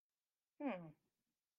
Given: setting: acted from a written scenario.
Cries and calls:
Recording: vocal sound without words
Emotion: confusion

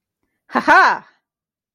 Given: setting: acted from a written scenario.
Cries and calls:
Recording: vocal sound without words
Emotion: realization

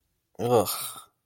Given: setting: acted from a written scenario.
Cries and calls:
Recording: vocal sound without words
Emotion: disgust

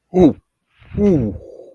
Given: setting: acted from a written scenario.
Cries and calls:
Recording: vocal sound without words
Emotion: fear

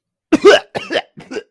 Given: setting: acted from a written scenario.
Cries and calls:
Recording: vocal sound without words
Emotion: disgust

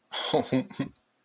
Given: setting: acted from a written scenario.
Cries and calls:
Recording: vocal sound without words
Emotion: sadness

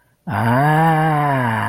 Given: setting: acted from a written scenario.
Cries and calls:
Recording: vocal sound without words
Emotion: realization

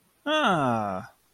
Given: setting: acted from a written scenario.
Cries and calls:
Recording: vocal sound without words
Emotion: realization

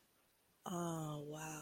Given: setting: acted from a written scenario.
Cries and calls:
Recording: vocal sound without words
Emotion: sympathy

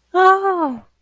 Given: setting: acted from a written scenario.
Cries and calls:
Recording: vocal sound without words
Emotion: elation

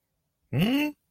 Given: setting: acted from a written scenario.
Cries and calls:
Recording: vocal sound without words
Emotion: negative surprise

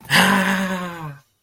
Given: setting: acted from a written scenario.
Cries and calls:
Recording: vocal sound without words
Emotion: triumph

